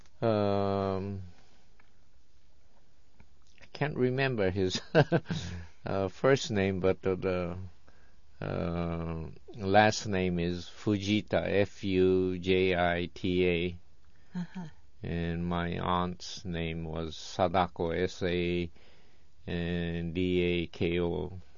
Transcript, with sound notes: Uh, I can't remember his ( he laughs ) first name, but the last name is Fujita, F-U-J-I-T-A, and my aunt's name was Sadako, S-A-D-A-K-O.